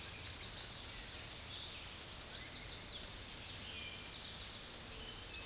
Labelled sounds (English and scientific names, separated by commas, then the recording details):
American Redstart (Setophaga ruticilla) song
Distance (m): 35 m
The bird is about 5 m above the microphone
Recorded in a Pennsylvania forest on 16 May 2024 at 06:09
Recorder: AudioMoth, point MSD-0827
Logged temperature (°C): 12.1 °C
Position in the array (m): 105 m, 230 m